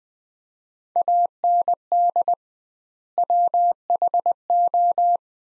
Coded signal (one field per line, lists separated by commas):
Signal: Morse code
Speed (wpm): 21 wpm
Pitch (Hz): 700 Hz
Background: none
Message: AND WHO